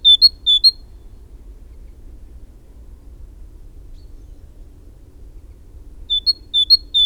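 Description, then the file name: Great tit giving short runs of ringing two-note phrases at the beginning and end, with a long quiet stretch between them. "Parus major"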